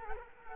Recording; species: mosquito wingbeat signal from an infrared sensor; Culex quinquefasciatus